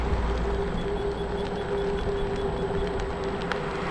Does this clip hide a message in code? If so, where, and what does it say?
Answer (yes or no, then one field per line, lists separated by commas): no